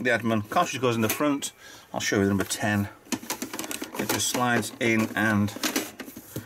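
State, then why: Seated. Someone talks while a plastic game cartridge is slid into the front cartridge slot of a vintage Fairchild Channel F video game console. A brief run of sharp clicks is heard around 3.1 to 3.7 seconds. A single sharp click at 6.0 seconds marks the cartridge seating into place.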